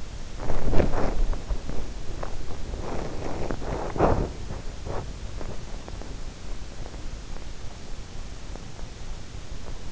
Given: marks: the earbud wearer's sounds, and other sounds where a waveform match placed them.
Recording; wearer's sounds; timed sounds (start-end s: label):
sounds in sleep by an in-ear microphone; body movement
0.00-6.24 s: body movement